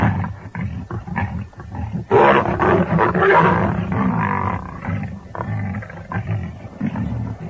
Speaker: short distance away, two lions are squabbling over the remains of last night's feast.